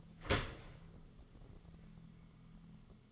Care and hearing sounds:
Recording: daily activity, microphone in the room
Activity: open dishwasher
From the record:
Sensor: 4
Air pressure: 1015.9 hPa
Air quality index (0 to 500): 106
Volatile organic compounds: 2 ppm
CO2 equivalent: 1184 ppm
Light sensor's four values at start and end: 9/19/7/7 and 8/18/7/7

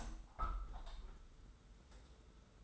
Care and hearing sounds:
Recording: daily activity, microphone in the room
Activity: open window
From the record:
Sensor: 3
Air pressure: 991.2 hPa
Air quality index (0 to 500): 113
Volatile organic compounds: 67 ppm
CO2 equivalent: 3488 ppm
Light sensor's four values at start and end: 47/130/53/46 and 47/130/53/46

